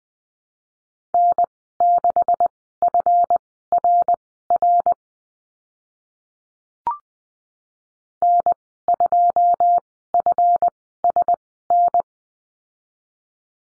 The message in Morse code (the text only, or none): N6FRR N2FSN